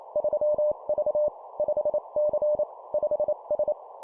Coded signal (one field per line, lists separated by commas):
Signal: Morse code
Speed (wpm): 28 wpm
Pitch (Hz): 600 Hz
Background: none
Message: 3V 5C 5S